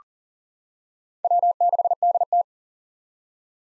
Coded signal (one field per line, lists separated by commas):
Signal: Morse code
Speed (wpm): 40 wpm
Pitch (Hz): 700 Hz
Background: none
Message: W6DT